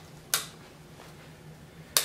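The optical fiber of a dental diode laser is wrapped counterclockwise around the unit's top plate and pressed into its retaining clips. Two sharp, loud clicks at 0.3 s and 2.0 s mark the clips seating and holding the fiber in place.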